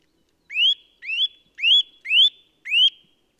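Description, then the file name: Eurasian nuthatch giving five rising, slurred whistles in a loose series, each note sweeping upward and ending in a brief level tail. "Sitta europaea"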